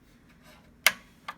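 A RAM module is pushed down into its motherboard memory slot until the retention clips snap shut. A sharp, bright click comes at 0.9 s and a softer second click at 1.3 s over a quiet background. The module is seated.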